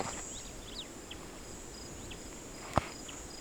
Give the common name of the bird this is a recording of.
Superb Starling